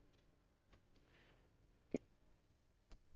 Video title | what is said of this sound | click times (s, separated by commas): Food Fidgets & Bamboo Builds - Print & Pretzels LIVE | and you'll hear them snap. I don't know if you can hear it on screen or not. | 2.0 s